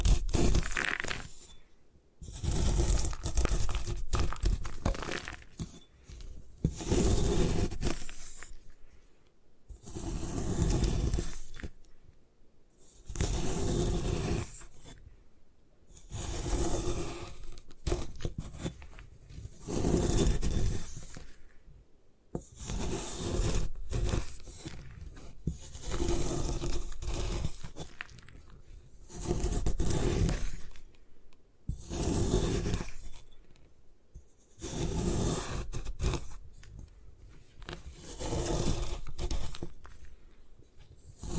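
Gym chalk is crushed and crumbled in a steady series of gritty, scraping bursts, each lasting a second or two. The bursts come about every two to three seconds, separated by short near-silent pauses, and each one is coarse, full and rustling from low to bright.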